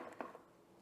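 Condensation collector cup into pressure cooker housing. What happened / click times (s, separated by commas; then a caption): A small plastic part snaps into place / 0.2 s. A rinsed plastic condensation collection cup on an Instant Pot Rio Wide Plus pressure cooker is pushed back onto the side of the cooker base. A single sharp snap is heard at 0.2 s as the larger cup seats into place. No one talks.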